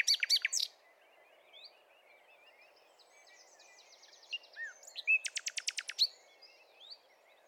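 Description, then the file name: Common nightingale song: a loud burst of sharp notes, then quiet twittering and a rapid series of repeated high clicking notes. "Luscinia megarhynchos"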